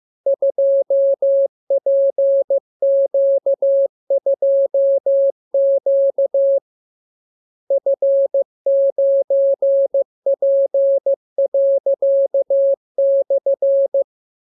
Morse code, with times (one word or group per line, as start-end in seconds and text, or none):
0.3-6.6 2PQ2Q
7.7-14.0 F9P./